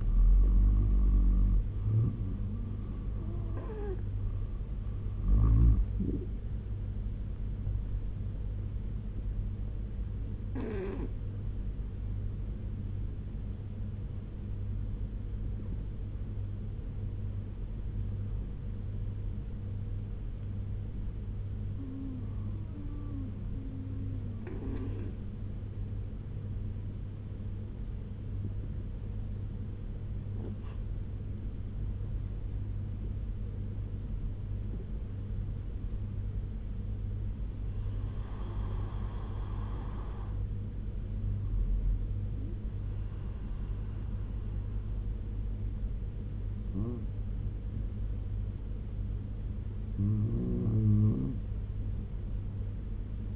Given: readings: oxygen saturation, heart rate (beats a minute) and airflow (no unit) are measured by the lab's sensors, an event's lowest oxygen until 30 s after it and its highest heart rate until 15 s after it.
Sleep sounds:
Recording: breathing in sleep by a smartphone at the bedside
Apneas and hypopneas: none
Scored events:
none scored
From the record:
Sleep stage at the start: N2 (light sleep)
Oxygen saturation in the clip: 84 to 95%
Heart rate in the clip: 67 to 81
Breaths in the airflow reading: 8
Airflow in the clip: -8.3 to 8.1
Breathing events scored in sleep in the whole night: 201 in 6.5 hours asleep

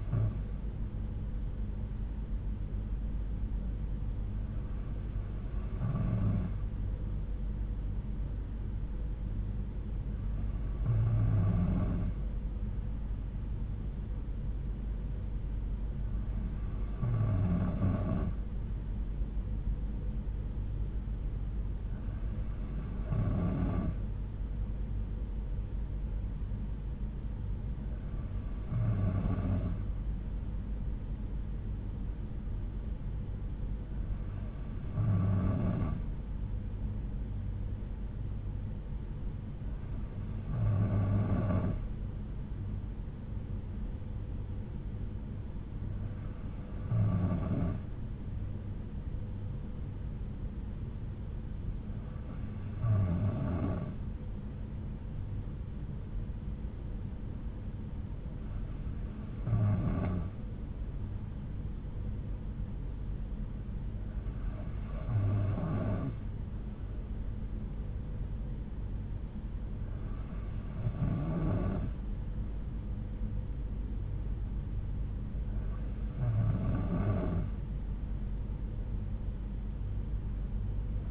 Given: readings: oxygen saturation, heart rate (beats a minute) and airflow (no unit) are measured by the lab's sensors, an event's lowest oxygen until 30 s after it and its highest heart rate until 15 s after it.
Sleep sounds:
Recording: breathing in sleep by a smartphone at the bedside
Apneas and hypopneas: none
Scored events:
none scored
From the record:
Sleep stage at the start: N2 (light sleep)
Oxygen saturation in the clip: 92%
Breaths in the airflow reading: 14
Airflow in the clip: -5.9 to 3.7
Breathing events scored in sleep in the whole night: 368 in 8.0 hours asleep

